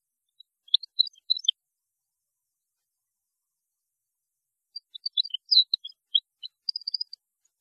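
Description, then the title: European goldfinch song in two bursts of bright, jumbled twittering notes separated by about three seconds of silence. "Chant Chardonneret"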